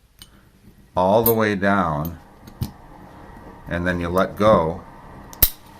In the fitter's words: and then it'll snap in place like that